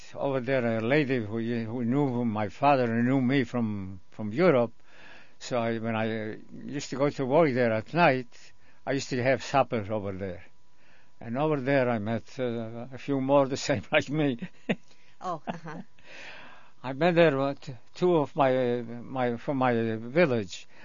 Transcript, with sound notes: Over there a lady who knew my father and knew me from Europe, so I, when I used to go to work there at night, I used to have supper over there. And over there I met a few more the same like me. ( he laughs )
Oh, uh-huh.
I met there two of my, from my village.